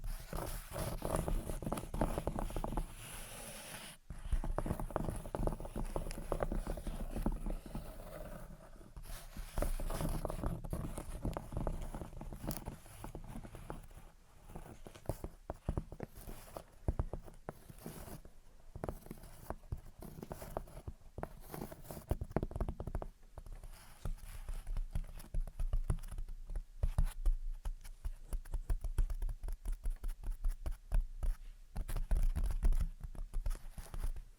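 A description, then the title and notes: Gentle tapping and scratching runs throughout, in quick, uneven clusters of soft knocks with a rough scraping texture between them. The pace shifts often, with brief lulls near 4, 14 and 23 seconds before the tapping picks up again over a low, steady rumble. Gentle Tapping and Scratching. (No Talking).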